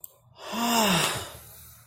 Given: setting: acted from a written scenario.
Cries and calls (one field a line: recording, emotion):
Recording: vocal sound without words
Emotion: relief